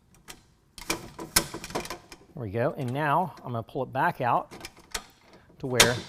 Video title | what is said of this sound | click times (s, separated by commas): How to Install Rugged Ridge Roof Top Tent on a 2022 Toyota Tundra | gonna you hear a little click sound what that does that unlocks this to where it can drop down into the holes | 1.4 s